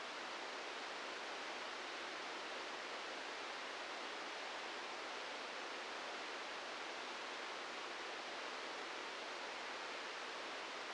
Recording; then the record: brain microelectrode recording played as sound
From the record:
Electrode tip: inside the subthalamic nucleus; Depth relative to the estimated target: 0 mm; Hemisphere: right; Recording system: NeuroSet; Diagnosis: Parkinson's disease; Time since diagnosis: 15 years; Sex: female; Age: 59 years